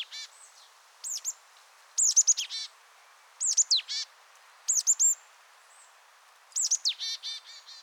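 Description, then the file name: Marsh tit calling in short bursts of bright, sharply falling high notes, most followed by a few quick, rattly nasal notes, with short pauses between bursts. "Poecile palustris"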